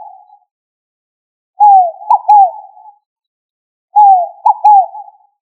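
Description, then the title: Pigeon giving a soft, low coo phrase, a longer note followed by two short coos, heard twice with a silent gap between. "Columbidae Pomba"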